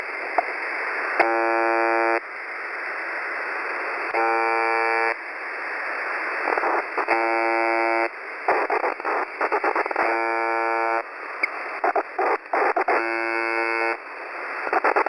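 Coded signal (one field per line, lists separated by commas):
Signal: channel marker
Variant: UVB-76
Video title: (Old video) weird noise from uvb 76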